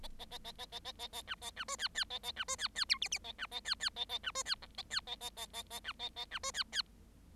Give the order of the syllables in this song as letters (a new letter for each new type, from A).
A A A A A A A A A B A B C D D A A B C D D E F F A B A D D A A B C D G A D A A A A A B A A B C D D